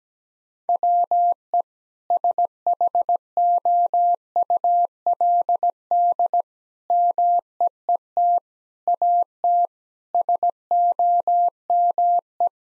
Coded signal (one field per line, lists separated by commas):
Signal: Morse code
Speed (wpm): 17 wpm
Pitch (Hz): 700 Hz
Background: none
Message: WE SHOULD MEET AT SOME